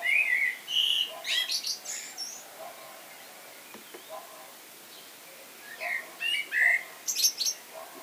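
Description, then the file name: Common blackbird song: two fluty warbled phrases, each ending in a high squeaky twitter, separated by a quiet pause of about three seconds. "Turdus merula"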